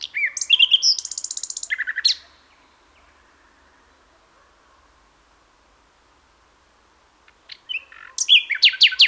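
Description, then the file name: Common nightingale song: a loud phrase of quick repeated notes and a fast rattle, about five seconds of silence, then a new burst of sharp notes. "Luscinia megarhynchos"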